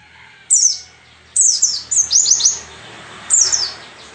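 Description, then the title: White-eye song of several sharp, high descending chirp bursts separated by short gaps, over a steady background hiss. Wild-type ('ngalas') white-eye song filler ('isian') used as a tutor recording (masteran) for training songbirds. "mster Mnuk. Pleci ngalas isian untuk masteran"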